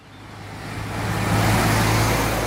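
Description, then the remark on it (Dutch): Steady roar of cars speeding past on the busy Independence Square in Paramaribo, Suriname, swelling louder over a couple of seconds as vehicles rush past, a broad engine rumble with a low hum running underneath and no voices. “U hoort allerlei auto's voorbij razen hier aan het drukke Onafhankelijkheidsplein in Paramaribo.”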